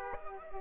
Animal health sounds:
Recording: mosquito wingbeat signal from an infrared sensor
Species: Aedes aegypti

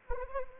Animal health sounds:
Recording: mosquito wingbeat signal from an infrared sensor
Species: Anopheles arabiensis

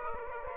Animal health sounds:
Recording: mosquito wingbeat signal from an infrared sensor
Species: Aedes aegypti

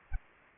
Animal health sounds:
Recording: mosquito wingbeat signal from an infrared sensor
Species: Aedes aegypti

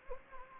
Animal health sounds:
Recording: mosquito wingbeat signal from an infrared sensor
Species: Anopheles gambiae

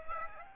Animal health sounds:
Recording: mosquito wingbeat signal from an infrared sensor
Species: Aedes aegypti

